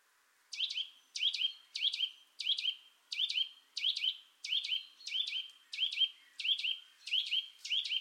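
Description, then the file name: Eurasian nuthatch repeating sharp, ringing twit-like calls about once every 0.6 seconds, many in a row. "Sitta europaea"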